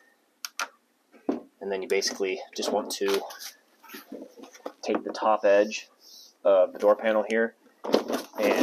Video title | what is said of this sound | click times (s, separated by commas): Honda Civic -- How to Remove Rear Door panel 2006 2007 2008 2009 2010 2011 Take Off | and it'll snap right in | 0.4 s, 0.6 s